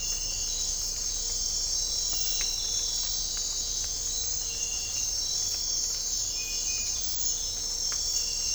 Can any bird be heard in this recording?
no